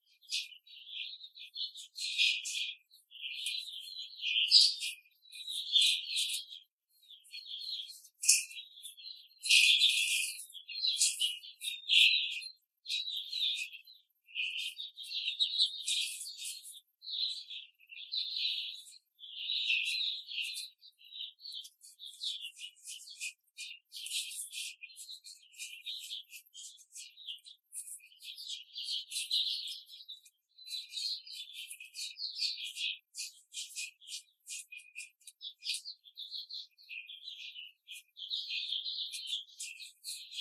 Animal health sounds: young laying hens in a cage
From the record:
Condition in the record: control cage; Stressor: none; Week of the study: 5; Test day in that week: 1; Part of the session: 2

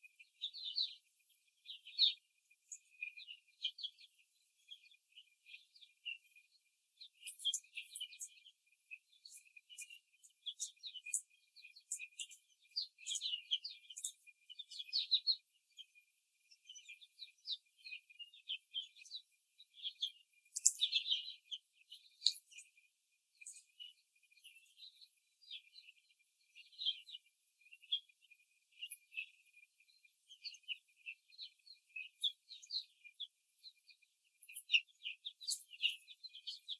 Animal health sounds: young laying hens in a cage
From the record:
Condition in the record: before the stressor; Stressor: simulated dog barking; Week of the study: 3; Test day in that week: 2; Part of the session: 3

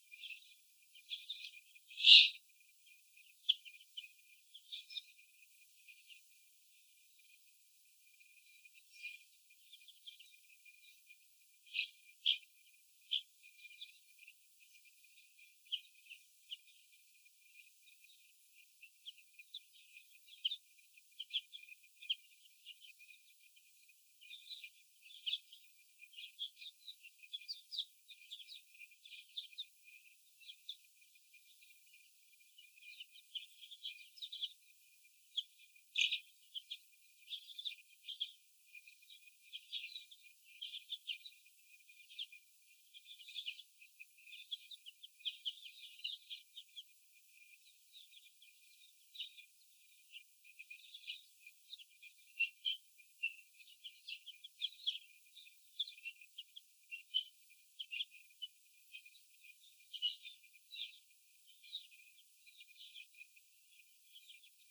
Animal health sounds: young laying hens in a cage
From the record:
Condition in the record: after the stressor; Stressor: sudden umbrella opening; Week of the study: 2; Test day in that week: 1

